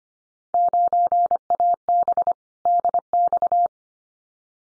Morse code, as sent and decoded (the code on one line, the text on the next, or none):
----. .- -... / -.. -..-
9AB DX